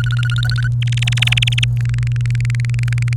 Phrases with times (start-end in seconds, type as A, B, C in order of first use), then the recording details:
0.00-0.68 A, 0.82-1.64 B, 1.77-3.13 C. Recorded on 29 April 2018 at 18:15. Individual llb3